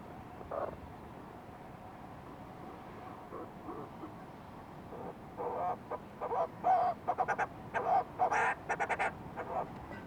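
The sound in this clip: Fulmar prion call: quiet at first with an isolated note, then a run of rough, stuttering croaks repeated quickly over the last five seconds.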